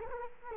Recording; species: mosquito wingbeat signal from an infrared sensor; Culex quinquefasciatus